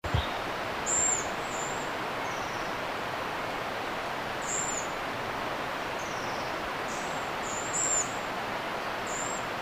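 Tit berrypecker giving thin, very high-pitched whistled notes, short and slightly descending, scattered irregularly over steady background hiss.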